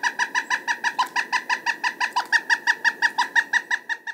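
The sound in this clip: Woodpecker call series: a steady run of many nasal, harmonic notes for about four seconds over a faint background hiss.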